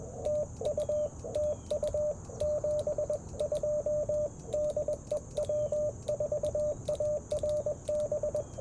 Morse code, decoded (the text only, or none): TU TU 72 DE W4ARB